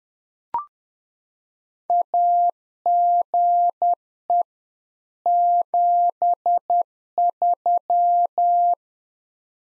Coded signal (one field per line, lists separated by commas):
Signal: Morse code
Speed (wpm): 10 wpm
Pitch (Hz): 700 Hz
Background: none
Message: AGE 73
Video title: Practice QSO - Exchange 3- More Info - 10wpm